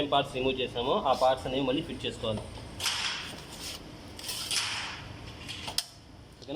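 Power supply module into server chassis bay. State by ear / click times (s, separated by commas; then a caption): seated / 5.8 s. Someone talks as the first SMPS power supply module is pushed back into its bay in a server chassis, with broad sliding and scraping noises around 3 and 4.2–4.5 seconds. A sharp click at 5.8 s marks the latch engaging, and the power supply is seated and locked.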